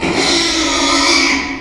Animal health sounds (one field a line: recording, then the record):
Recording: squeal of a Yucatan mini pig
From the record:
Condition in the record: after surgery on the right vocal fold (resection and tissue-engineered implant)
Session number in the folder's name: 2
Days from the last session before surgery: 13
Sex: male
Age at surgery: 12 weeks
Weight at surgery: 13 kg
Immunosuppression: cyclosporine, prednisolone